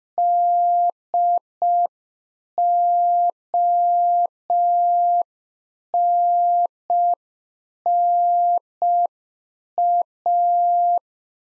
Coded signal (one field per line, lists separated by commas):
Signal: Morse code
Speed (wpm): 5 wpm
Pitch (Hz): 700 Hz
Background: none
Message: DONNA